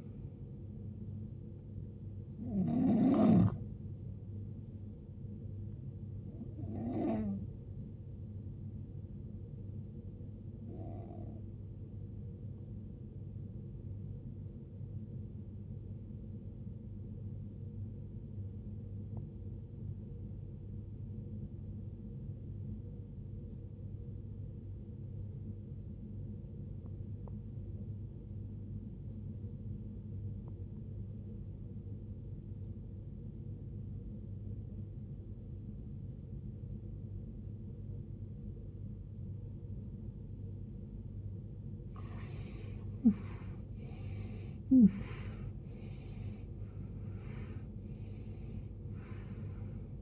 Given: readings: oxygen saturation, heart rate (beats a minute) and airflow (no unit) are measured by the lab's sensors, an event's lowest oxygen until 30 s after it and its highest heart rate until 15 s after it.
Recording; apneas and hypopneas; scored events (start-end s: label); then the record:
breathing in sleep by a smartphone at the bedside; 1
15.00-43.50 s: obstructive apnea (N1, oxygen 95% highest, then 81% lowest, heart rate 70 at the start, 76 highest)
23.00-50.02 s: new sleep stage, N2 (light sleep)
From the record:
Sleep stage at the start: N1 (lightest sleep); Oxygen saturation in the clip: 84 to 95%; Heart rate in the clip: 50 to 76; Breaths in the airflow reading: 7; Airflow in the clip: -21.2 to 19.9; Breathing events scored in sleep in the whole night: 389 in 6.3 hours asleep